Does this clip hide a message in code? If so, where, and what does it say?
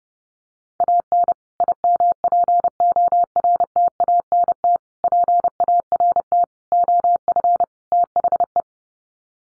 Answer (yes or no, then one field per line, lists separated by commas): yes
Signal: Morse code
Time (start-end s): 0.8-8.6 s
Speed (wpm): 30 wpm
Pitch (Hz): 700 Hz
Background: none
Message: AN IMPORTANT PART OF THE